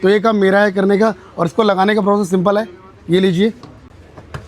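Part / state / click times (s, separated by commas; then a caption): detachable display screen into its motorcycle dash mount / seated / 4.3 s. A detachable display screen is pushed onto its dash mount on a Royal Enfield Himalayan 450 motorcycle while someone talks for most of the clip. After the talking stops, a faint tick is followed by a short, sharp click at 4.4 s as the screen locks into the mount.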